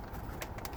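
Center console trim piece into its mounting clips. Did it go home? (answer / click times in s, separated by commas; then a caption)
no / none. A center console trim piece for an Explorer is aligned and pushed down into its slot over its mounting clips. Short sharp ticks of handling are heard at about 0.4, 0.6 and 0.7 seconds. Nothing has seated or snapped into place yet.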